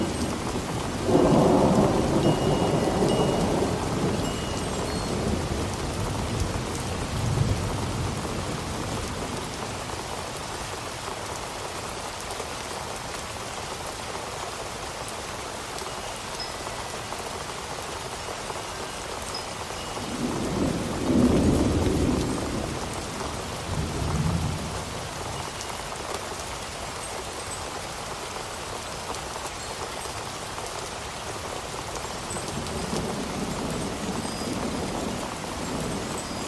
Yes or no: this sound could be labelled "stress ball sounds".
no